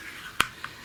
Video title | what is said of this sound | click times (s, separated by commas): Bulldog ST Alpha Airsoft Gun, review & chronograph test | Clips in, you'll hear a little click. | 0.4 s